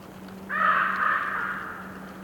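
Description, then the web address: Bird uttering a single harsh, drawn-out croak that fades gradually, with a low steady hum beneath. Bird croaking in a forest during a windy storm, trees rustling. "Sonniss com - GDC 2019-Game Audio Bundle - Forest Orchestra Windy storm with trees rustling and bird croaking"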